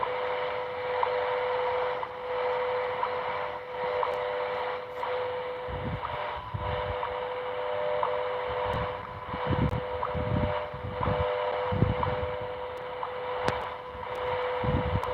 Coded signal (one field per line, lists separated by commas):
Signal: radio time signal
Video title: USAGM Is Gone On Shortwave. What's Left?